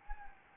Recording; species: mosquito wingbeat signal from an infrared sensor; Anopheles arabiensis